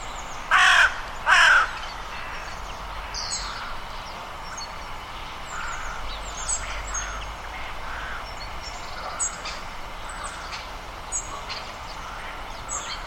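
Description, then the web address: Bird giving two loud, harsh, caw-like calls in quick succession near the start, followed by faint high chirps and twitters from other birds over steady background noise. "Deverinetal 2025 File origin Bird Only"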